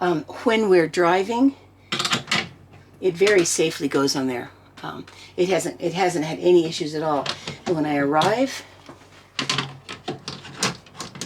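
A mirror is handled near small screw-in hooks on a camper wall while someone talks, with sharp knocks around 1.9 s and 2.3 s and a quick cluster of knocks from 9.4 to 9.6 s, then more at 10.6 s and 11.2 s. The mirror has not seated onto the hooks or clicked into place yet.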